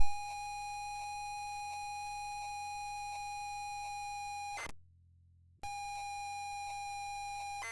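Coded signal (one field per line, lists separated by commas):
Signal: ZX Spectrum tape loading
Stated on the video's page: ZX Spectrum Next loading games from cassette tape, unsuccessfully.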